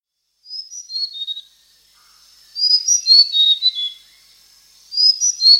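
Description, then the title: Hanging parrot producing thin, squeaky high whistles in falling groups, one short phrase then a longer one and the start of another. "SERINDIT"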